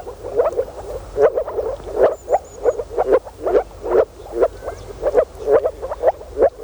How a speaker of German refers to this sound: Das hier sind Moorfrösche. Im Frühjahr versammeln sie sich in Gräben und Tümpeln, um ihren Laich im Wasser abzulegen. Die Rufe der Moorfrösche setzen sich aus mehreren einzelnen Lauten zusammen.